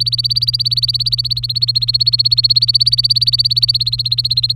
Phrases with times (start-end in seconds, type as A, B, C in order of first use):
0.00-4.55 A